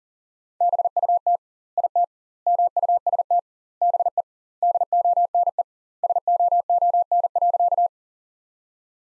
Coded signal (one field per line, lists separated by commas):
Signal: Morse code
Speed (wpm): 40 wpm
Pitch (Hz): 700 Hz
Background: none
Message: BUT IT MUST BE DONE SOON.